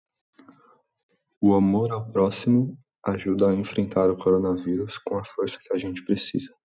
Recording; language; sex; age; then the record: spoken sentence; Brazilian Portuguese; male; 20 to 29 years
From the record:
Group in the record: control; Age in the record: 24 years